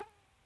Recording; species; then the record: mosquito flight sound by mobile phone; Aedes sierrensis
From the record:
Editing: cut to the mosquito's sound